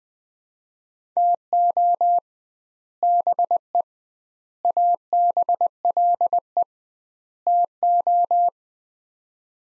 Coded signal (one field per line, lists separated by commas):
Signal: Morse code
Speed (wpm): 21 wpm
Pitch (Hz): 700 Hz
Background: none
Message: TO BE ABLE TO